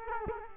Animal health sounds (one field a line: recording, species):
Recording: mosquito wingbeat signal from an infrared sensor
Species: Culex quinquefasciatus